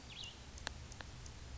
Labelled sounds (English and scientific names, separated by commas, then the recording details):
Cassin's Vireo (Vireo cassinii)
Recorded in Sonoma County, California